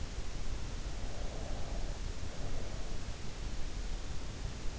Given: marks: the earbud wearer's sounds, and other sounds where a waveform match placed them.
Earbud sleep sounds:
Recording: sounds in sleep by an in-ear microphone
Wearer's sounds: breath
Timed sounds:
0.81-3.17 s: breath

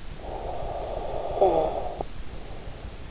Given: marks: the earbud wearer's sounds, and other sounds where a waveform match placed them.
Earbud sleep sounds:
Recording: sounds in sleep by an in-ear microphone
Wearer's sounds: snoring breath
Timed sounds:
0.03-3.06 s: snoring breath

